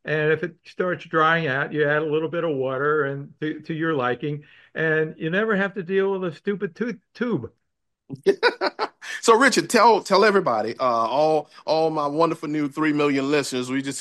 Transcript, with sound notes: And if it starts drying out, you add a little bit of water and, to, to your liking. And you never have to deal with a stupid tooth- tube.
(laughs) So Richard, tell, tell everybody, uh, all, all my wonderful new three million listeners,